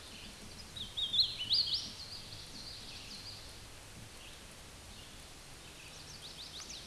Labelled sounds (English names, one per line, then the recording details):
Hooded Warbler song
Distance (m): 25 m
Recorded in a Pennsylvania forest on 18 May 2023 at 11:18
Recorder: AudioMoth, point grid1_29_low
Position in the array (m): 55 m, 100 m